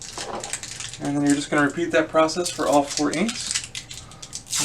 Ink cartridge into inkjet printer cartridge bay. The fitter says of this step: slide it into the correct position and push down until it clicks down into place